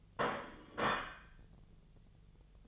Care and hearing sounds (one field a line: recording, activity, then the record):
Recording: daily activity, microphone in the room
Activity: place plate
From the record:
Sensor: 4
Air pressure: 1010.2 hPa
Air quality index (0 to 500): 181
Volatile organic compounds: 5 ppm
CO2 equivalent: 1830 ppm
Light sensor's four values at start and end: 31/92/36/36 and 31/92/36/36